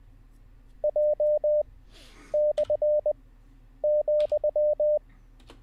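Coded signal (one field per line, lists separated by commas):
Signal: Morse code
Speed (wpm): 20 wpm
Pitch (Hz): 600 Hz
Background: none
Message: J/,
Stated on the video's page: Live Morse code learning practice session.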